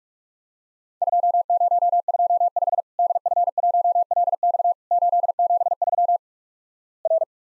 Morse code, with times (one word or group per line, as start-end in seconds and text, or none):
1.0-2.8 2025
3.0-4.7 DF1LX
4.9-6.2 873
7.0-7.2 R